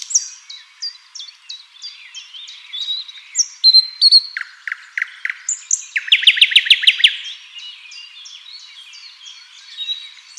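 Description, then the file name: Common nightingale song: a run of short high notes, then a loud, rapid series of sharp chopping notes. "Luscinia megarhynchos"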